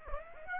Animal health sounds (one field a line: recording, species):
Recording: mosquito wingbeat signal from an infrared sensor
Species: Aedes aegypti